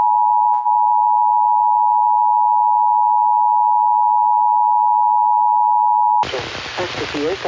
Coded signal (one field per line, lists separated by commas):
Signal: Emergency Alert System (SAME) tones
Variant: 853 and 960 Hz attention tone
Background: speech